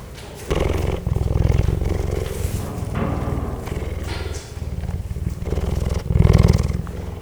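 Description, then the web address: North Chinese leopard giving deep, rasping pulsed purr-growls in several bursts, each a rapid throbbing rhythm, with short pauses between them. Captive animal in a zoo in Szeged, recorded close up in 2011. "2011 eszakkinaileopard kozelrol"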